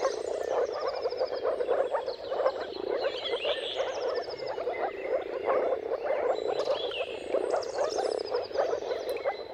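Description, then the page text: Moor frogs in a dense mating chorus of soft, bubbling low calls overlapping continuously, with birds whistling and trilling above throughout. Dawn chorus of many moor frogs giving mating calls at sunrise, at the turn of March and April, timing depending on the weather. "Jakub-Orzecki moor frogs. Dawn’s Chorus: Mating Calls of Marsh Frogs at Sunrise. Depending on the weather at the turn of March and April, you can witness an amazing spectacle of moor frogs"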